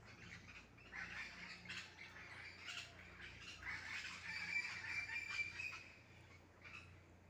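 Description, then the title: Parakeets calling as a flock, a dense chatter of harsh squawks and screeches overlapping continuously, swelling louder in the middle, with a thin whistled note running through. Wild green parakeets at 6:15 AM in a garden mango tree, feeding on mangoes, noisy as if partying or fighting, knocking mangoes down. "El Canto de los pericos en la mata de Mango"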